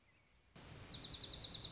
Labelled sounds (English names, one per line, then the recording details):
Dark-eyed Junco
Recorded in Sonoma County, California